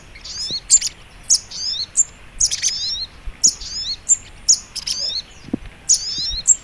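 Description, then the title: Sogok ontong: bird song: a high, twittering phrase of quick slurred notes and sharp chips, repeated at short intervals without pause, over faint background noise. Training recording (masteran) of a sogok ontong bird, labaik style. "Masteran Burung Sogok Ontong Labaik"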